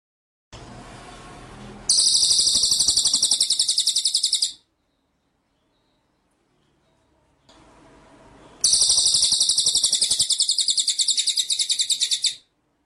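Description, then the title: White-rumped shama rattling trill, high and buzzy, in two bursts of roughly three and four seconds, each preceded by a short hiss. Training song of white-rumped shama, in the full 'ngerol nembak' style of rolling and shooting song. "Masteran Murai Batu Full Ngerol Nembak"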